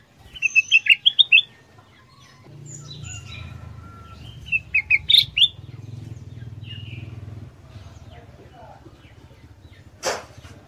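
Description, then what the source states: Ruby-throated Bulbul song: rapid chirping trills at the start and again midway, over a low hum, with a sharp burst near the end. Combined song medley (masteran) used to train songbirds.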